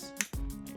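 An earbud from a Realme Buds Air 3 is put into its charging case and pulled into place by the magnet, seating with a sharp snap at 0.2 s. A low thump follows at about 0.3 s over steady background tones.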